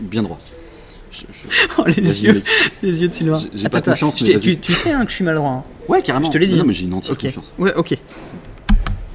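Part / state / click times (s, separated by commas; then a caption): RAM module into motherboard memory slot / seated / 8.7 s, 8.9 s. A RAM module is pressed straight down into a motherboard DIMM slot while people talk. Two sharp clicks at 8.7 s and 8.9 s are the retention clips on both ends snapping shut, and the module is seated.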